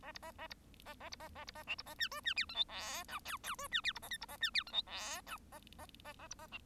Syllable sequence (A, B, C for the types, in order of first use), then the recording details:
A B A A B A A B A A B A C B A D E D F G H I J K K E D F B A L B A D F G H I J A A A A B A C. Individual Bird1